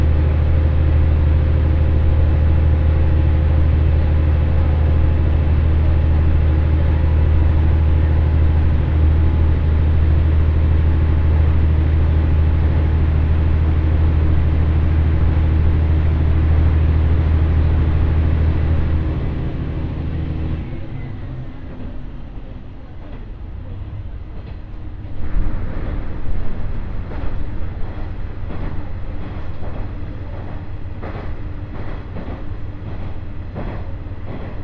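A ride aboard an Ibara Railway train between Bitchū-Kurese and Sōun-no-Sato-Ebara. For the first twenty seconds a steady, heavy low engine drone fills the sound, with a faint hum above it; then the engine eases off, leaving a thinner, rumbling roll of wheels with scattered clicks and knocks.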